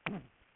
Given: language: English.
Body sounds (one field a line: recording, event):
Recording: throat vibration sensor signal played as sound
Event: throat clearing